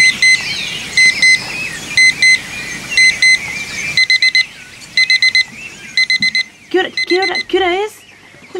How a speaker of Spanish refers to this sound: Escuché el despertador, pero te vi tan tranquilita, mirá.